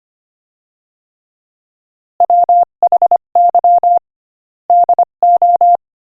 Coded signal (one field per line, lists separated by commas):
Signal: Morse code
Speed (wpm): 24 wpm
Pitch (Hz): 700 Hz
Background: none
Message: WHY DO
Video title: Morse Code Practice: 25 wpm Joke #21